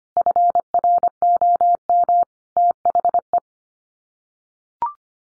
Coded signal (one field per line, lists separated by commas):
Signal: Morse code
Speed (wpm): 25 wpm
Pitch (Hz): 700 Hz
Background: none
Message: FROM THE